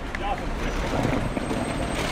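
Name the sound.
bus engine idling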